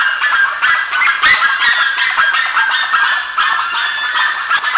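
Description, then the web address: Birds calling in a continuous noisy chatter of overlapping harsh notes at a quick, irregular pace. "BIRD 2015 SABIOD bird 2015"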